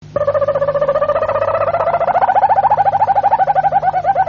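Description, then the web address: Harz Roller canary song: one continuous soft rolling trill, low and mellow, growing gradually louder and more rippled as it goes, over a faint steady hum. "canarios cantoharz"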